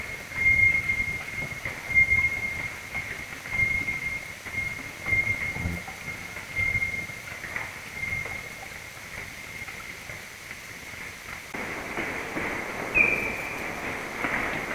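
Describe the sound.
Common noctule pulses as rhythmic low plops with brief high chirps over a steady tone; after about twelve seconds a broad hiss rises and a louder chirp sounds.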